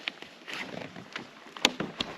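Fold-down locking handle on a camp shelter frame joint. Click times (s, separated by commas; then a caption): 1.6 s. A fold-down locking handle on a camp shelter frame joint is pushed down past straight (hyperextended) until it clicks into its lock. Softer taps and knocks are heard around it, and the sharp, loudest click at 1.65 s marks the handle seating locked.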